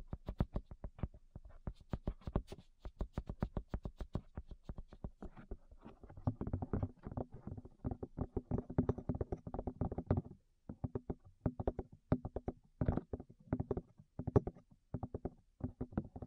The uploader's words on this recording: ASMR Tap Your Ears 3Dio (No Talking).